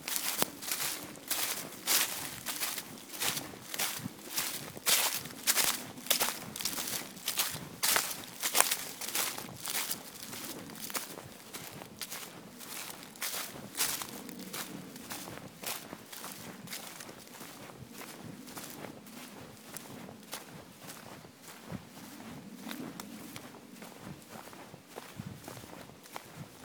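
Footsteps walking through a forest in Bergerac, France, crunching at a steady, brisk pace about twice a second. The steps are loudest in the first half and grow softer and lighter after about fifteen seconds, with a quiet low rumble underneath throughout.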